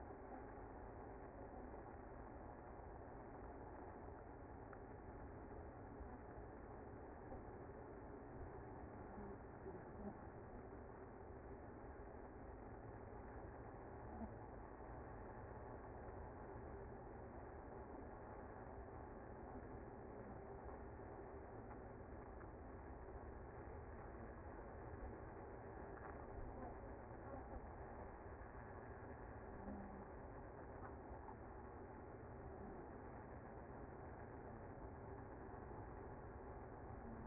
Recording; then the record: honeybee colony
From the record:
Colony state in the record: active